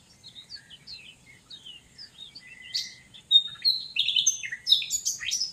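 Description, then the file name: Eurasian blackcap song opening with soft, scratchy twittering, then bursting into loud, clear, fluty whistled phrases over the last two seconds. "Sylvia atricapilla"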